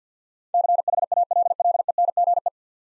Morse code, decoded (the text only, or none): CHALLENGE